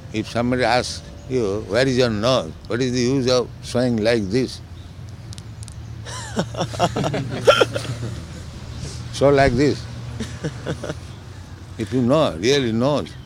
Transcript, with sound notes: If somebody asks you, "Where is your nose?" what is the use of showing like this? [laughter] Show like this, if you know really nose.